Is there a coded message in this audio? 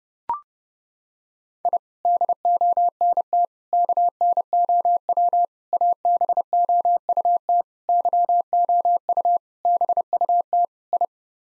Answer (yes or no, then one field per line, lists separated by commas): yes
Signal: Morse code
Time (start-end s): 1.6-11.1 s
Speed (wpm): 30 wpm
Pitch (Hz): 700 Hz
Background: none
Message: I DONT KNOW ABOUT YOU BUT I